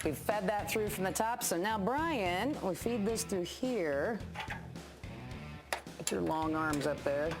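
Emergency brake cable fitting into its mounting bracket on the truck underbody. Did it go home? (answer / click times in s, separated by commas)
no / none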